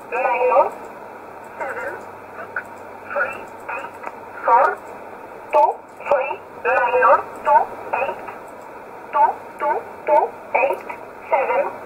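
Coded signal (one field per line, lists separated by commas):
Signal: numbers station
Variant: E11, English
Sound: a voice reading about 14 short, evenly spaced words over narrowband radio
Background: radio hiss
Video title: 11 10 2019 E11 Oblique Numbers station in English 1008 on 7317 unknown tx site in USB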